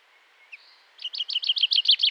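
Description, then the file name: Common chaffinch song: a soft high note, then a fast run of bright chipping notes that begins and is cut off before any ending flourish. "Fringilla coelebs"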